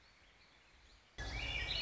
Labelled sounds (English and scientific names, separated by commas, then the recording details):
Warbling Vireo (Vireo gilvus)
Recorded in Sonoma County, California